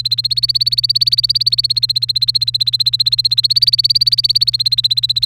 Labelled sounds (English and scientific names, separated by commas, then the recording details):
Domestic Canary (Serinus canaria) song
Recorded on 1 May 2018 at 16:10
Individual llb3